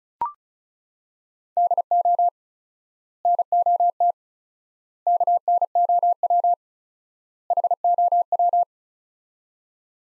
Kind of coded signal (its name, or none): Morse code